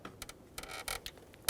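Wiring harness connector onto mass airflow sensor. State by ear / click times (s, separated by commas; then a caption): not seated / none. A wiring harness electrical connector is handled at the new mass airflow sensor on a 2004-2015 Nissan Titan, with light plastic ticks and rattles and a sharper tap near the end. Nothing has seated or clicked yet; the connector is not yet home on the sensor.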